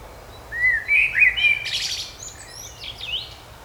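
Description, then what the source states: Bird song: a bright run of chirps and whistled notes that slide and flicker up and down, with sharp high tweets near the end over a soft background hiss. Birds singing in a park.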